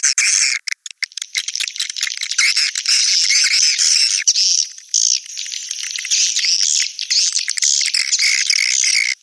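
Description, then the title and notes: Swiftlet chirping calls, rapid clicking bursts opening into sustained high, buzzy twittering that runs to the end. Sound used in swiftlet farming in Asia. "Swiflet Bird Sound. Farming Swiflet Bird asia sound"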